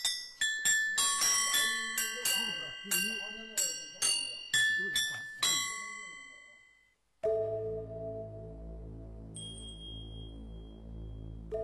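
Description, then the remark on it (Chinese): A yunluo, a cloud gong set of small tuned gongs, is struck about a dozen times in an uneven rhythm, each bright metallic ping ringing out, with faint voices underneath, then a steady reedy chord sustains. “这是横笛， 笛子， 这是笛子，这叫云锣。”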